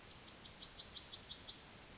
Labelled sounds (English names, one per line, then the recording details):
Yellowhammer song
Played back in forest
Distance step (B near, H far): E
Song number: 144